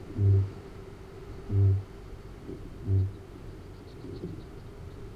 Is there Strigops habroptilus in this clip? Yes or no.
yes